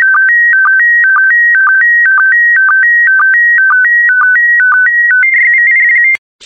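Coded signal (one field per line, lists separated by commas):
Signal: SSTV (slow-scan television)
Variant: PD120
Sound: warbling tone alternating between two pitches, with short low blips twice per second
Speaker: complete you can now check your decoded image against the picture that is shown on the video that concludes the daily transmission of slow scan tv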